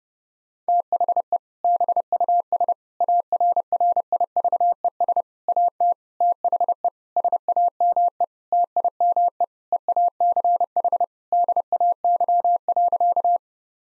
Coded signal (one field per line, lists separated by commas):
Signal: Morse code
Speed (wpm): 32 wpm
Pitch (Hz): 700 Hz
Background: none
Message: THE BUS ARRIVES AT THE SAME TIME EACH DAY.